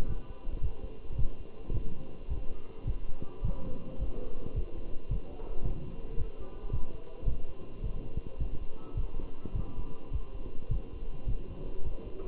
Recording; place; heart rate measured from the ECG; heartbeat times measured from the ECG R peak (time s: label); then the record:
heart sounds by stethoscope; between the tricuspid and mitral areas; 107 bpm
0.09 s: heartbeat
0.63 s: heartbeat
1.19 s: heartbeat
1.74 s: heartbeat
2.30 s: heartbeat
2.87 s: heartbeat
3.45 s: heartbeat
4.00 s: heartbeat
4.56 s: heartbeat
5.11 s: heartbeat
5.65 s: heartbeat
6.19 s: heartbeat
6.73 s: heartbeat
7.28 s: heartbeat
7.84 s: heartbeat
8.40 s: heartbeat
8.97 s: heartbeat
9.56 s: heartbeat
10.13 s: heartbeat
10.71 s: heartbeat
11.28 s: heartbeat
11.85 s: heartbeat
From the record:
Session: walking at 3.7 km/h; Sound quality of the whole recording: good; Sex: male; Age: 27 years